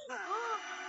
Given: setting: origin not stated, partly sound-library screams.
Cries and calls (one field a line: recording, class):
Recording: one-second piece from a danger detection set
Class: woman in danger